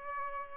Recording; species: mosquito wingbeat signal from an infrared sensor; Aedes albopictus